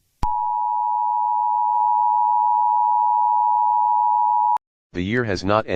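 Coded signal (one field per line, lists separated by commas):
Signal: Emergency Alert System (SAME) tones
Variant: 853 and 960 Hz attention tone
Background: speech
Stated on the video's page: Fictional EAS scenario using valid EAS tones.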